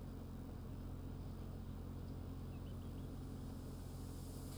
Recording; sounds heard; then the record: poultry house recording; healthy chickens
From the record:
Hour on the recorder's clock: 3